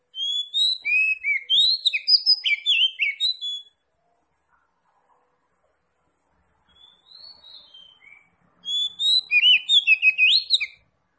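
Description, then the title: Oriental magpie-robin song, two loud bursts of fast varied whistles and twitters separated by a long pause with a soft quiet phrase. Singing in full, energetic form (gacor); Tretes type. "Kacer Tretes Gacor"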